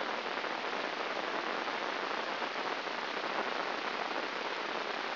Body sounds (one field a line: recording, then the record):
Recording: brain microelectrode recording played as sound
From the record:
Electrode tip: inside the subthalamic nucleus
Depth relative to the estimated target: -0.5 mm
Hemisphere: right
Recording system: AlphaMap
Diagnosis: Parkinson's disease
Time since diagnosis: 7 years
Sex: female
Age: 49 years